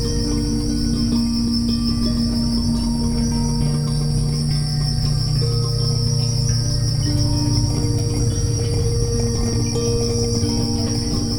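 High, continuous cricket chirps fill the background while mellow musical notes drift in and out below.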